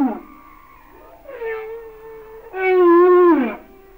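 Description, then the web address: Humpback whale song: a falling cry, a soft rising moan, then a loud sustained harmonic wail bending down at its end. "Natures Songs Whale Songs Sounds of Nature - Humpback Whales"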